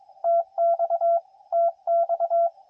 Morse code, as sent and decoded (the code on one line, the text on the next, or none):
- -..- / - -..-
TX TX